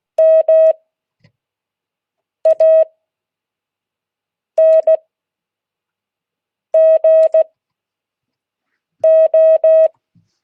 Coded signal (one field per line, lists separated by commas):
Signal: Morse code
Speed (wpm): 16 wpm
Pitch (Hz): 630 Hz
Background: none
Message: MANGO